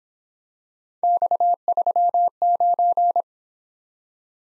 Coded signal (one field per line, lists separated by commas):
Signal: Morse code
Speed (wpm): 26 wpm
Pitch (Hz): 700 Hz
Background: none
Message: X39